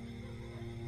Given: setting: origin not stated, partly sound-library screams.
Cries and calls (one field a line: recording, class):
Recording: one-second piece from a danger detection set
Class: normal situation